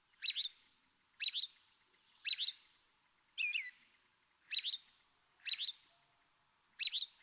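American robin singing a string of brief, varied warbling phrases roughly one per second, one with looping rising notes, plus a faint soft extra note.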